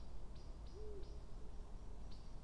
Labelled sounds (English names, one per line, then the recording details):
Common Blackbird
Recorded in Germany
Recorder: ecoPi